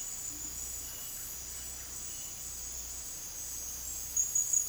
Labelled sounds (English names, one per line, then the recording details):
none
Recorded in dense forest near Puerto Asís, Putumayo, Colombia, on 19 March 2025 at 18:00
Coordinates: 0.503, -76.323
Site GP09